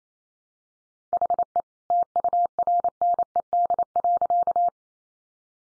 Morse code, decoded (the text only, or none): HE TURNED.